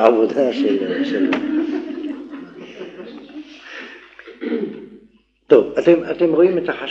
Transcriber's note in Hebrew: צחוק